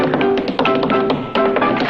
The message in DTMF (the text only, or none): none